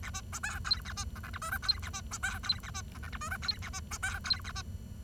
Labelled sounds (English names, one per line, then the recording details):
Bengalese Finch song
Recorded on 23 June 2012 at 10:17
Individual gr41rd51